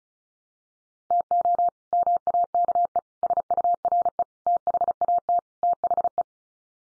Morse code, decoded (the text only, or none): TO MAKE SURE THAT THE